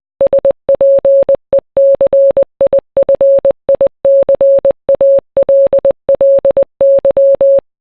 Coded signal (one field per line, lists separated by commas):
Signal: Morse code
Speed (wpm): 20 wpm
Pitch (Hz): 550 Hz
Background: none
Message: SPECIFICALLY